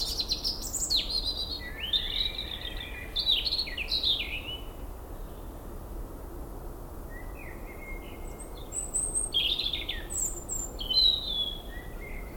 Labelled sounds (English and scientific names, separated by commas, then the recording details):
European Robin (Erithacus rubecula) song
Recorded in the wild
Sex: male
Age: adult
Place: Mühlenbeck, Brandenburg, DE
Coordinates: 52.67, 13.38
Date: 1995-05-01 20:48
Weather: heiter 12°C
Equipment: Marantz CP 430, Sennheiser ME 80, Kopie Uher 4000 Report Monitor
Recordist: Tembrock, Günter